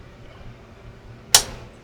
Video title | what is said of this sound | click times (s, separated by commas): BSR Turntable FIX — One Missing Part Shut Down the Whole Mechanism | that snapped right in place. | 1.4 s